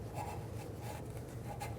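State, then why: Not seated. A rubber inner tie rod boot on a 2008–2020 Dodge Grand Caravan is handled and pressed toward its groove on the power steering rack housing. Soft rubbing and scraping sounds play over a steady low hum. Nothing has seated or snapped into place yet.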